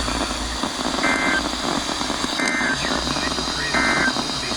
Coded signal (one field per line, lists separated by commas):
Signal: Emergency Alert System (SAME) tones